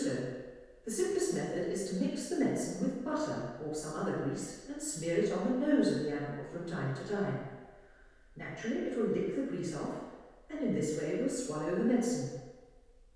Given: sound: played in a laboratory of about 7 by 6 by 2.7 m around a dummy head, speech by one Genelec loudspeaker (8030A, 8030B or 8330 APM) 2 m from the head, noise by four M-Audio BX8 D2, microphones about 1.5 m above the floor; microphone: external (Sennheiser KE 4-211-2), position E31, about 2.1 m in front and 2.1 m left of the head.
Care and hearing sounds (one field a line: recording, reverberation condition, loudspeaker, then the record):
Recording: female speech in English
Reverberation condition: high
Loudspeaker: 90 degrees to the right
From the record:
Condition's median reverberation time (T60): about 1300 ms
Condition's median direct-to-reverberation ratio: about -4.0 dB